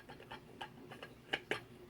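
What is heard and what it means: A round part of a Porsche 928 fuel gauge assembly is centered and spun in its housing in the gauge cluster, giving a series of soft ticks at about 0.1, 0.3, 0.6 and 1.0 seconds. Two much louder, sharp clicks follow at 1.3 and 1.5 seconds as the part's inner tab locks into place. The part is seated.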